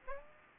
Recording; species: mosquito wingbeat signal from an infrared sensor; Aedes aegypti